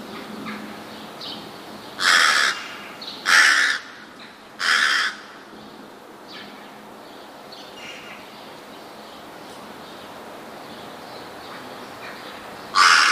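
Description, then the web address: Rook calling with rasping caws, three in quick succession, then a long pause before a final caw, softer calls heard faintly behind. "wroblowe ptaki gawron"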